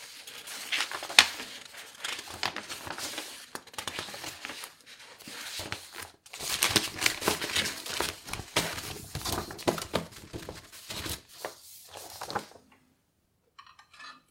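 Papers are flipped and shuffled while a desk is tidied. Dense crinkling and rustling comes in bursts, with a short pause near six seconds, then fades to near silence after twelve seconds with a few faint ticks.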